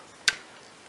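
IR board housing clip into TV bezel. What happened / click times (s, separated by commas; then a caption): A plastic clip snapped into place / 0.3 s. A plastic clip on the housing of a Samsung TV's touch-function IR board is pressed into the TV bezel. It snaps home with a single sharp, loud click at 0.3 s over a quiet background, and the clip is confirmed seated.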